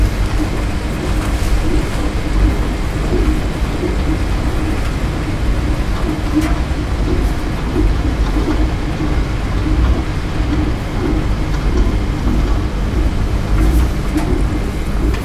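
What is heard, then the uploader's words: Laundromat sound: a steady, dense rumble dominated by low, churning machine noise that never lets up. Over it runs a constant wash of hiss, with faint brief clicks or knocks scattered throughout, a few standing out around six and fourteen seconds. LAUNDROMAT.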